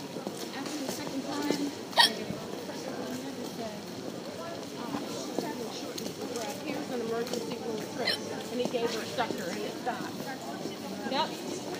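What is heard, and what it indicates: Hiccups from an adult girl in Germany, sharp abrupt hiccup sounds occurring over ongoing background conversation.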